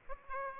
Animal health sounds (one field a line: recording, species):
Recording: mosquito wingbeat signal from an infrared sensor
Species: Aedes aegypti